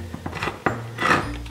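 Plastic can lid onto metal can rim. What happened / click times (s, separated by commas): The plastic lid snapped onto the rim / 0.7 s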